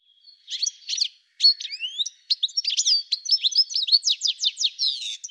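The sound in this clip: Bird song: a few scratchy notes, a rising whistled slur, a quick run of varied chirps, and a close of evenly spaced downslurred notes.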